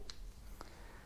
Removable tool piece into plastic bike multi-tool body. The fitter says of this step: And then when you're ready to store it again, you simply place it back, clicks into place, and it's quite secure.